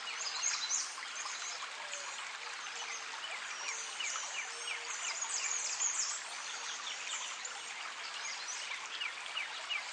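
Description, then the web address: Birds chirping softly and repeatedly in a crowded high chorus, short slurred notes scattered through a steady background hiss. Birds recorded by a creek in a forest setting. "Lynne Music Birds-By-The-Creek"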